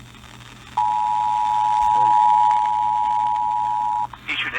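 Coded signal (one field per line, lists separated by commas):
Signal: Emergency Alert System (SAME) tones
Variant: 853 and 960 Hz attention tone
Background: speech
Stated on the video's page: Received EAS alerts.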